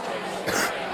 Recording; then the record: coughing mixed with background sound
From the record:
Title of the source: 30 Chesty and wet cough